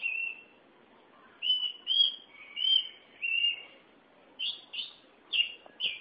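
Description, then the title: Oriental magpie-robin giving clear whistled notes, some held steady, others sliding, with short silent gaps. "Suara Kicauan Burung Kacer Durasi Panjang"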